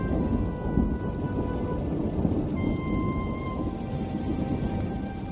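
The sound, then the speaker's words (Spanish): Steady, dense rain hisses without pause on a rainy night over a deep, continuous rumble of thunder, with a few faint sustained tones drifting above; no one speaks. “Y una noche de lluvia, estaba el hombre leyendo en su cuarto”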